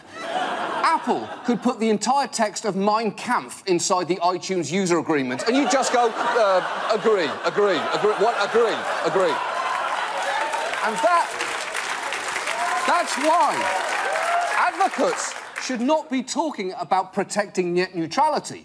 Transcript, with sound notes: Apple could put the entire text of "Mein Kampf" inside the iTunes user agreement, and you'd just go agree, agree, agree - what? - agree, agree.
(LAUGHTER)
And that's why advocates should not be talking about protecting net neutrality.